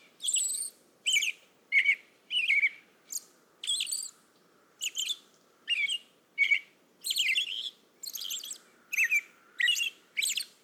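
American robin singing a long run of many brief whistled phrases separated by short pauses.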